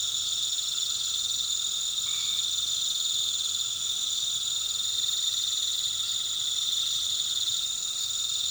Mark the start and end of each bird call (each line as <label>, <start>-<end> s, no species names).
bird call, 2.06-2.50 s